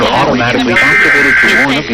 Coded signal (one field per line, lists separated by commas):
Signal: Emergency Alert System (SAME) tones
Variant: header bursts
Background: speech